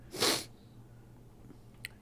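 A single sharp, hissy sneeze from an adult, lasting under half a second, followed by quiet background noise.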